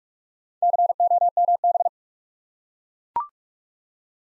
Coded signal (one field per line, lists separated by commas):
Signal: Morse code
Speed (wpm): 44 wpm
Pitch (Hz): 700 Hz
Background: none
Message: COMB